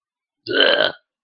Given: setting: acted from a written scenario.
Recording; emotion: vocal sound without words; disgust